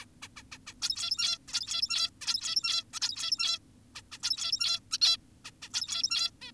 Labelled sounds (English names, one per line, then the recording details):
Zebra Finch
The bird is an adult
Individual g17y2U